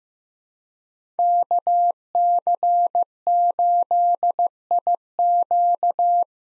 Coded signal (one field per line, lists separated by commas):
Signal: Morse code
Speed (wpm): 15 wpm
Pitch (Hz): 700 Hz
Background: none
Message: KC8IQ